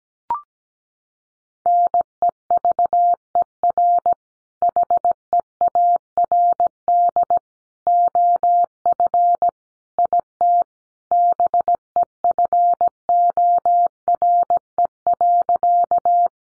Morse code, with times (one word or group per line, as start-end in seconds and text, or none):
1.7-4.1 NEVER
4.6-7.4 HEARD
7.9-9.5 OF
10.0-10.6 IT
11.1-16.3 BEFORE.